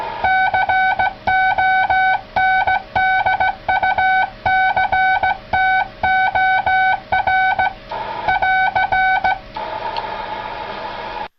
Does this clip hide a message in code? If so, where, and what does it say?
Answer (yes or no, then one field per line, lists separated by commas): yes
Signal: Morse code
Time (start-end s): 0.2-9.3 s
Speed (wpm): 15 wpm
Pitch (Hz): 760 Hz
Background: none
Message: CONDUCTOR <AR>